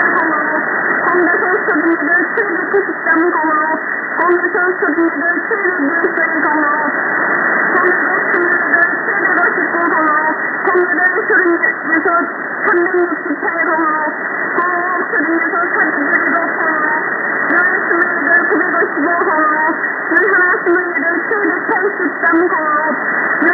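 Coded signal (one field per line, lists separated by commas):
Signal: numbers station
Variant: V28, Korean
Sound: voice reading steadily through band-limited shortwave hiss, no clear pauses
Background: radio static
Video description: V28 North Korean Numbers Station aka "The Parrot" Frequency: 3277kHz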